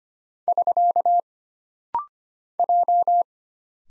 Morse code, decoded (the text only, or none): <SK> J